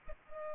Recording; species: mosquito wingbeat signal from an infrared sensor; Culex pipiens